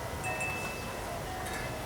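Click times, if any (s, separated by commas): none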